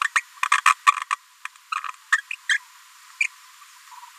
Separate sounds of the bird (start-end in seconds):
0.01-0.04, 0.15-0.20, 0.43-0.46, 0.52-0.57, 0.66-0.74, 0.86-0.92, 1.11-1.12, 1.45-1.47, 1.72-1.75, 2.12-2.17, 2.33-2.35, 2.49-2.57, 3.20-3.27